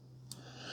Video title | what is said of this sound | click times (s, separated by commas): Ninja CFP301 DualBrew Pro Review - 12-Cup Coffee Maker + K-Cup Pod + Latte & Specialty Drinks | I got to remember to slide this forward till it clicks. | 0.3 s